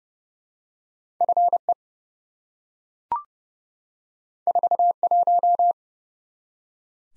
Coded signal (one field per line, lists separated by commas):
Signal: Morse code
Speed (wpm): 30 wpm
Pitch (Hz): 700 Hz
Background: none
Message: FE 41